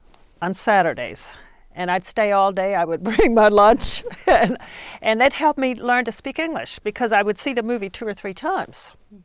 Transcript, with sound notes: on Saturdays and I'd stay all day. I would bring my lunch (she laughs) and that helped me learn to speak English because I would see the movie two or three times.